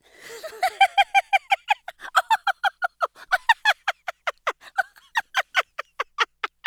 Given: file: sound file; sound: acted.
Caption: Exemplar of tickling laughter.